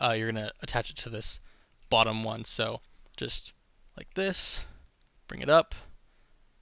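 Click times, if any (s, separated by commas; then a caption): none. A plastic back clip for a toy figure prototype is lined up with the lower of two holes on the figure's core and brought up toward it while someone talks. Nothing has seated or clicked yet.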